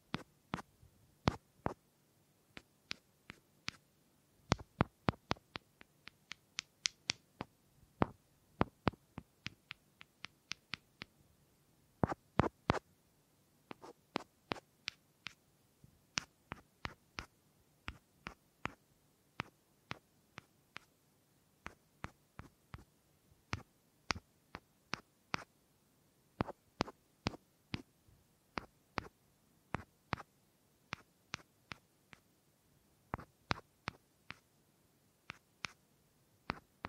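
Sharp wooden clicks and taps sound in irregular bursts, often in quick pairs or clusters, over a faint low hum throughout.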